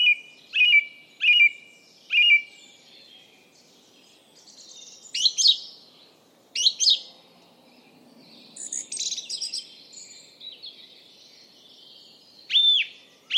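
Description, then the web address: Bird calls: a few short, bright notes, then sharp downslurred chirps, a scattered high twitter and a last loud note. "Bird Only"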